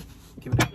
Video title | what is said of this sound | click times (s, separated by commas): Tesla Timeout #11 - Adventures & Accessories for my Tesla Model 3 - Stealth Hitch Review! | give it a push and you hear that lock that means it's locked in and it's solid doesn't go anywhere | 0.6 s